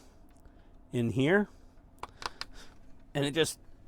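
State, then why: Not seated. Someone talks while handling a small yellow plastic filler plate at the Pterodactyl section of a Fanhome Mighty Morphin Power Rangers Megazord model, with a few light plastic taps between about 2.0 and 2.4 seconds. The plate is meant to snap in without glue, but nothing has seated or clicked yet.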